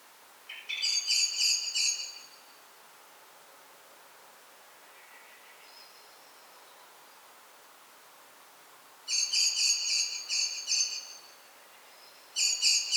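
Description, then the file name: Common blackbird rattle calls, a burst of rapid harsh notes, then a long near-silent gap with a few faint thin notes, before two more chattering bursts near the end. "Turdus merula"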